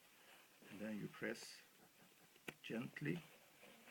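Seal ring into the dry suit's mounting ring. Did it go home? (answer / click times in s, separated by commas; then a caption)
no / none. Someone talks while an Antares seal ring is handled and gently pressed toward the mounting ring of a WP dry suit, with a brief sharp tick near 2.5 s. The clip ends before the ring snaps into position; nothing has seated or clicked yet.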